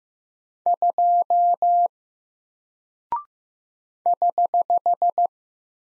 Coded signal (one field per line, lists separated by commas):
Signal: Morse code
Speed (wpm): 15 wpm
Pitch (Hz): 700 Hz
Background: none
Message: 2 <HH>